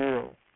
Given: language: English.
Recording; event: throat vibration sensor signal played as sound; speech